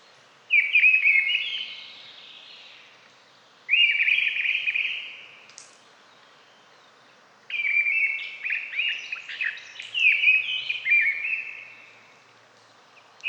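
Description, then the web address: Bird singing trilled phrases that slide downward, repeated every few seconds, with a busier run of chirps and buzzy notes in the later phrases. "fagelljud"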